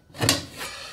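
A clean drywall knife is run over a drywall screw in a drywall sheet, scraping across the surface and catching on the screw head. It gives a metallic click at 0.3 s, showing the screw is not driven deep enough into the drywall.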